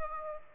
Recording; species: mosquito wingbeat signal from an infrared sensor; Aedes aegypti